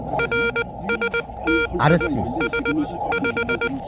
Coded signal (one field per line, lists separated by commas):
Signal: Morse code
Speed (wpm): 19 wpm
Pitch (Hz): 470 Hz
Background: speech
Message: RST IS 5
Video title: Seoul Junk Market, HAM ,Seoul Junk